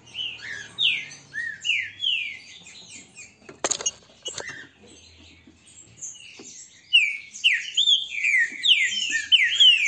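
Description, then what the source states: Green-winged saltator song of clear downward-sliding whistles, interrupted by a brief clatter midway, then a louder string of bright slurred notes. Song; the bird is described as singing strongly.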